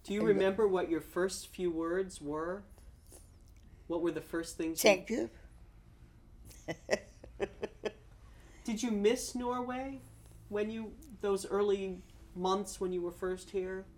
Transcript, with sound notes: Do you remember what your first few words were, what were the first things that...
Thank you. ( she laughs )
Did you miss Norway when you, those early months when you were first here?